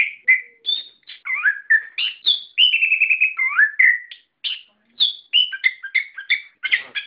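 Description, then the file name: Songbird song of whistled slurs, a buzzy trilled stretch and lively chirps, varied and fast-paced. Masteran song for training cage birds. "ak-masteran -omkicau"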